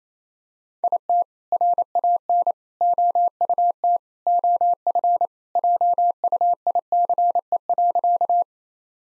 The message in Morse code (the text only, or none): IT RAN OUT OF JUICE.